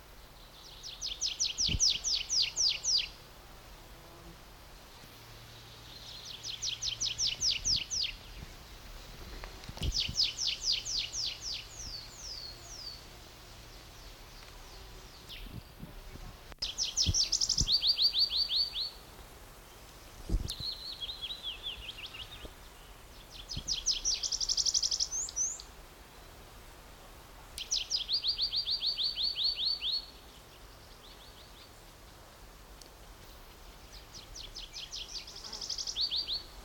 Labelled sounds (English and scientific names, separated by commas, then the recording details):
Willow Warbler (Phylloscopus trochilus)
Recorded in the wild
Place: Mühlenbecker Wald, Brandenburg, DE
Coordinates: 52.69, 13.37
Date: 1992-06-27 13:15
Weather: sonnig, 22-26°C
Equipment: Marantz CP 430, Sennheiser ME 80, Kopie Tesla B 116
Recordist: Tembrock, Günter